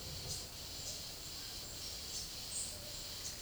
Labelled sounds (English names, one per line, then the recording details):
none
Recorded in secondary vegetation near Puerto Asís, Putumayo, Colombia, on 22 December 2024 at 12:00
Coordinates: 0.489, -76.322
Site G059